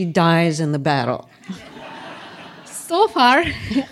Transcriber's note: laughter